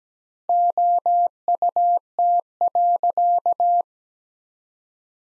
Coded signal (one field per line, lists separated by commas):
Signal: Morse code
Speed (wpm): 17 wpm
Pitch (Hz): 700 Hz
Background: none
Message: OUT.